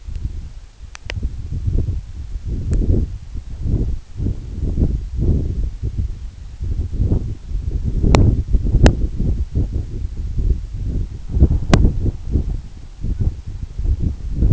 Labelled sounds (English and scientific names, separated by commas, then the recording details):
Canada Goose (Branta canadensis)
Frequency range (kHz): Canada Goose (Branta canadensis) 0.8-2.6 kHz
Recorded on Arctic tundra, site EABA-1, on 29 June 2018
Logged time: 20:00